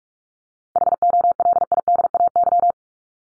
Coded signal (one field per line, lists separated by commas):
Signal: Morse code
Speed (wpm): 44 wpm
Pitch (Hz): 700 Hz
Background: none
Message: HOLIDAY